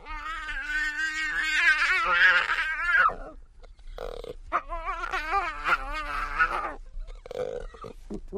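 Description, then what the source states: Jaguar cub wailing in long wavering, harmonic-rich cries that rise and fall, two extended bouts with short gaps, then briefer whines and snuffles. Cub snorting and wailing, recorded close-up.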